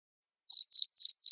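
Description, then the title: Cricket giving four high, short chirps after a brief silence, evenly spaced. Loud cricket chirping played to make lovebirds sing continuously. "Suara JANGKRIK NGERIK Keras Bikin LOVEBIRD Jadi NGEKEK Terus Vubey"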